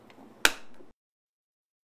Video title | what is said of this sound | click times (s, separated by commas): Replace the Bottom Rear Cover - HP Sprout - HP Support | Press the bottom of the cover down until the bottom hooked tabs snap into place. | 0.5 s